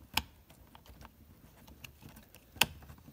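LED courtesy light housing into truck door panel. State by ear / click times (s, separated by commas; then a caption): seated / 2.6 s. An LED courtesy light housing is pushed into its opening in the plastic door panel of a Chevy Silverado truck. A sharp tick comes at 0.2 s, then faint rustling and light tapping. A loud, crisp click at 2.6 s marks the housing snapping in and seating.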